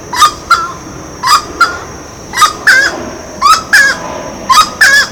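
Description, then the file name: Grey-cowled wood rail giving loud honking calls, paired clucking notes repeated roughly every second with short pauses between. Ibirapuera, São Paulo, Brazil, 6 December 2012. "Aramides-cajanea-Ibirapuera-SP-BR-6-12-12-ASilveira"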